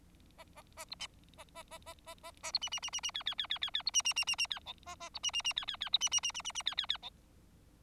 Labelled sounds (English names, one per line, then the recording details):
Bengalese Finch song
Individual Bird4